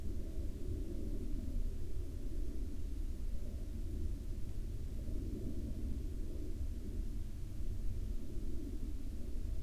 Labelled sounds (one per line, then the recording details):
aircraft
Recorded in the Arctic National Wildlife Refuge, Alaska, on 31 July 2019 at 02:19
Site 40